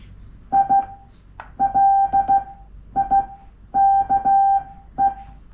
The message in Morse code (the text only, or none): I LIKE